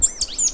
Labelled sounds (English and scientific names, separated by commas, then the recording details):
Stitchbird (Notiomystis cincta) song
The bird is a male
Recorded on Tiritiri Matangi Island, New Zealand, in 2005
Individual 1, of nest box 1